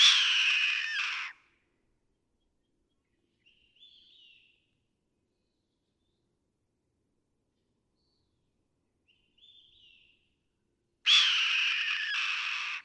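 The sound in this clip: Red-tailed hawk with a raspy scream at the start and another near the end, separated by faint short squeaky notes and quiet.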